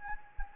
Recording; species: mosquito wingbeat signal from an infrared sensor; Anopheles gambiae